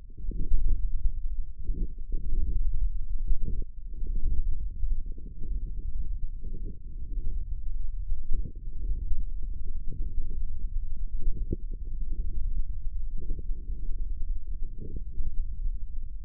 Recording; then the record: forearm muscle sounds (acoustic myography)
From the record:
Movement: ulnar deviation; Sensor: system 1, eight BSWA MPA416 microphones around the upper forearm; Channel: 5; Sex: male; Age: 54 years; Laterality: right